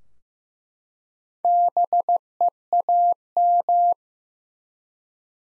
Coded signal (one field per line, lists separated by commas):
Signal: Morse code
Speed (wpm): 15 wpm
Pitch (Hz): 700 Hz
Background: none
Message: BEAM